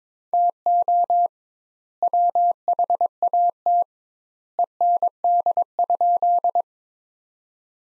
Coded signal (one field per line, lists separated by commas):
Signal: Morse code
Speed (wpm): 21 wpm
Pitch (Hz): 700 Hz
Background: none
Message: TO WHAT END?